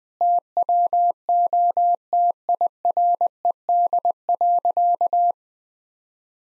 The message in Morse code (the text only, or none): TWO TIRED.